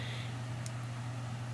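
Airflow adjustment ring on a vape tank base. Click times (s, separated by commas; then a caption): 0.7 s. The adjustable airflow ring on the glass base of an Aspire Nautilus 5 ml vape tank is turned to the airflow holes over a steady low hum. A single faint, short click sounds at 0.7 s as the ring seats into its detent and locks into place.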